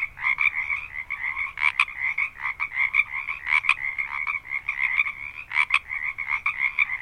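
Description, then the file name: Many frogs croaking together, a steady rattling chorus with repeated louder bursts standing out. Recorded at Harbin Hot Springs. "Quiet American - Harbin Hotsprings Frogs"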